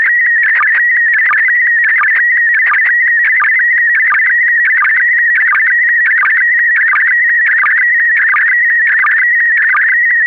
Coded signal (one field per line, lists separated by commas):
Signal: SSTV (slow-scan television)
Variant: PD 90